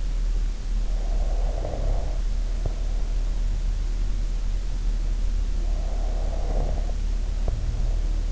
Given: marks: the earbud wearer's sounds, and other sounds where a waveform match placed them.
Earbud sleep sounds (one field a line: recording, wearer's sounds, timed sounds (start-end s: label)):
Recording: sounds in sleep by an in-ear microphone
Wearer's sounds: breath, snoring breath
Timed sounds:
1.00-3.89 s: breath
5.62-8.32 s: snoring breath